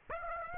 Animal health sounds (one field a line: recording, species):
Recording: mosquito wingbeat signal from an infrared sensor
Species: Aedes aegypti